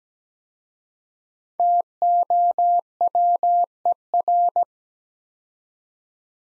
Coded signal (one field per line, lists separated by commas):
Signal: Morse code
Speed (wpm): 17 wpm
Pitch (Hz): 700 Hz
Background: none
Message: TOWER